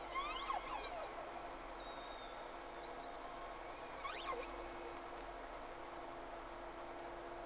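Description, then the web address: Whale whistles underwater, thin sweeping tones rising and falling in short bursts near the start and again midway, over a steady hum and hissing background. Two whales recorded from a boat on 3 October 2006, first round. "Sea Snake 10-3-06 Whales X 2"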